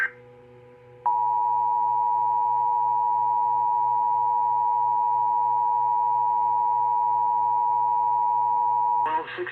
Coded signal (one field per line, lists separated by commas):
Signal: Emergency Alert System (SAME) tones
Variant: 853 and 960 Hz attention tone